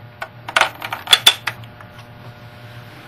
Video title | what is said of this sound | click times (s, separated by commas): Dell C610 Latitude laptop memory upgrade install instructions | then press press down firmly and make sure the memory module snaps into place | 0.6 s, 1.3 s